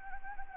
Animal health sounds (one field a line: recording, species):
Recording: mosquito wingbeat signal from an infrared sensor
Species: Anopheles gambiae